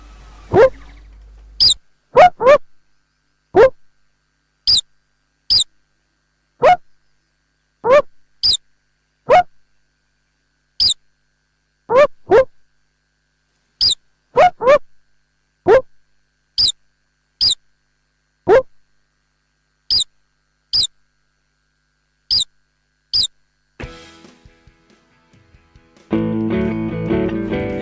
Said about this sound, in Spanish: Se llama topo de nariz estrellada. Topo de nariz estrellada. Acá podemos escuchar ahora, ¿no?